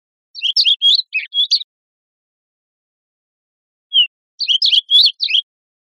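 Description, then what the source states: Olive warbler giving two quick jumbled phrases of high chirpy notes about four seconds apart, with a single short down-slurred note just before the second phrase. Costa Rica, 3 December 2004.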